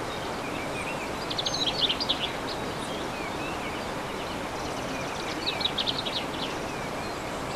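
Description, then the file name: Bird song: two bursts of rapid high trilled notes several seconds apart, with soft chirps and whistles between them over steady background hiss. Birdsong recorded 15 March 2014 on an MZ-N710 recorder. "MZ-N 710 Chants d oiseaux 15 03 14"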